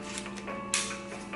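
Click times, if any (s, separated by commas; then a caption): 0.7 s. A plastic Nintendo Switch Joy-Con handheld controller is slid down the console's side rail over a steady low hum with a few faint ticks. It latches with a sharp, bright click at 0.7 s and locks firmly in place.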